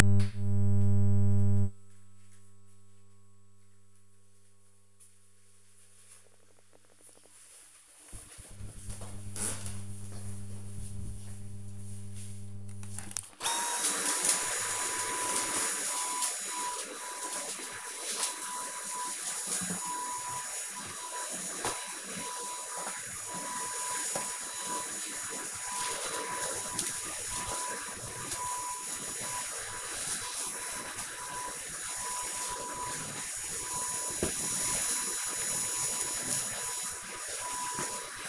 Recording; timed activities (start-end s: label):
household activities, microphone on the right wrist
11.94-38.29 s: vacuum cleaning